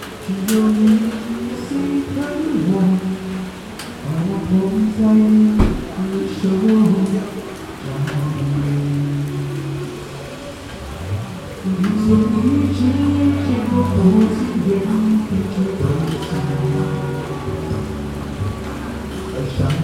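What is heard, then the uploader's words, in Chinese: Heavy rain pours down steadily on a street, a dense constant hiss that never lets up. Through it runs a low, wavering line of singing or music, with sustained tones shifting pitch every few seconds, and occasional sharp taps. 雨天帶著歌唱的LEBUH CINTRA日本橫街_馬來西亞。到馬來西亞的檳城旅遊。當時下起了磅礡大雨，沒好一會兒，道路淹起了水。於是就在騎樓下暫躲，順便感受一下檳城巷弄夜晚的道地街景與聲音。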